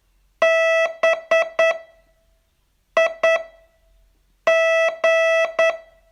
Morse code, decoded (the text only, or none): BIG